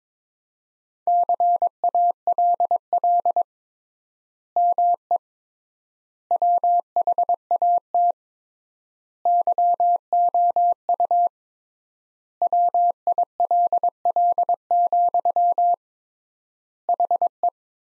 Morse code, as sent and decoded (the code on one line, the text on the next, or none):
-.-. .- .-.. .-.. / -- . / .-- .... .- - / -.-- --- ..- / .-- .. .-.. .-.. --..-- / .... .
CALL ME WHAT YOU WILL, HE